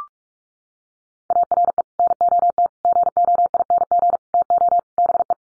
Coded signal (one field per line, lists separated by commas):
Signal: Morse code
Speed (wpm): 44 wpm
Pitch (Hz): 700 Hz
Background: none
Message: ARE NOT GOING TO BE